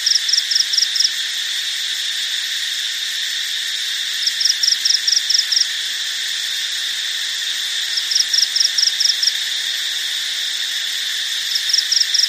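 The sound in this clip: Cricket giving bouts of several rapid, pulsed chirps, each bout repeating roughly every four seconds, with an even high-pitched hiss throughout.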